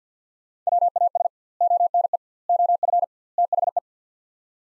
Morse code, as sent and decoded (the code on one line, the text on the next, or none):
.-- .- ... / --- -. . / --- ..-. / - .... .
WAS ONE OF THE